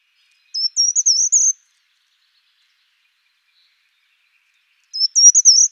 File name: certhia brachydactyla